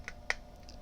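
A plastic interior insert is popped free of the body shell of a Scalextric Classic Ford Mustang (Alan Mann Racing) slot car; it is held only by snap fits, not glue. A faint tick at 0.1 s precedes the main sharp snap at 0.3 s as the insert releases, followed by a faint click near 0.7 s. The insert comes out easily.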